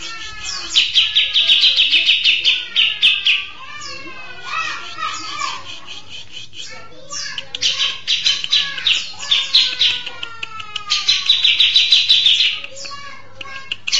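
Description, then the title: Mixed birds trilling and chattering, with slurred whistles sliding downward between bursts of fast high twitter. "Burung Campur2"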